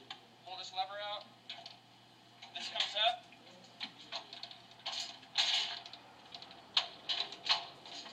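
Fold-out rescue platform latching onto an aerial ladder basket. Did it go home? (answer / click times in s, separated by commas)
yes / 6.8 s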